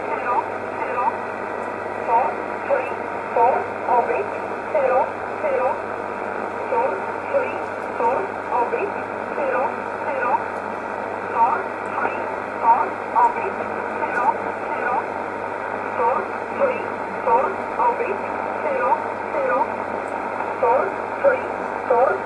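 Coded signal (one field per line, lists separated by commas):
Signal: numbers station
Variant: E11 Oblique, English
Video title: 04 10 2019 E11 Oblique Numbers station in English 0821 on 5941 unknown tx site in USB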